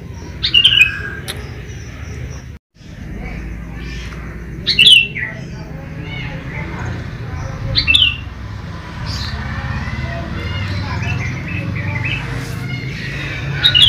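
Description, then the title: Sooty-headed bulbul giving a few short, sharp chirped notes spaced several seconds apart, each a quick falling flick, over a steady low hum. "Kutilang"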